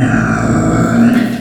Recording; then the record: squeal of a Yucatan mini pig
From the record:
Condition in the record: after surgery on the right vocal fold (resection and tissue-engineered implant); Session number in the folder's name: 3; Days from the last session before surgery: 21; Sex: female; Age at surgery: 19 weeks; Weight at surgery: 25 kg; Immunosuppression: prednisolone